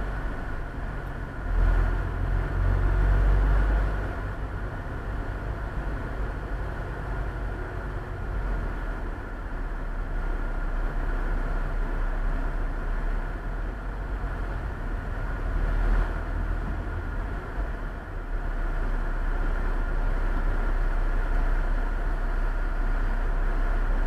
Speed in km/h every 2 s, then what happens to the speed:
24, 26, 29, 28, 25, 23, 21, 21, 23, 22, 16, 11.
0-7 steady at about 26. 7-12 slows to 21. 12-18 steady at about 21. 18-24 slows to 11.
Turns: none.